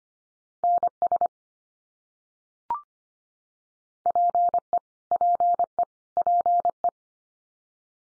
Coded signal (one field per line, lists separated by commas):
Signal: Morse code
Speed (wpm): 25 wpm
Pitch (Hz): 700 Hz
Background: none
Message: NS PE PE PE